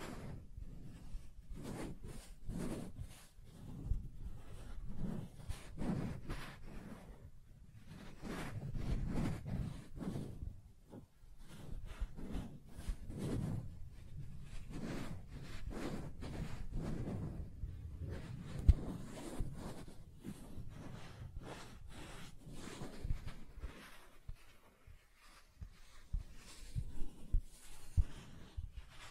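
Soft tracing over smooth and rough surfaces: gentle scratchy brushing strokes repeat steadily for the whole half minute, each a short swipe with a low rubbing body and faint crisp edges. Strokes come roughly every second, with brief quieter gaps near 7, 11 and 25 seconds.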